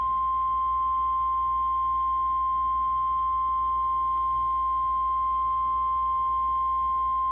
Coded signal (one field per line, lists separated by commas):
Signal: Emergency Alert System (SAME) tones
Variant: 1050 Hz attention tone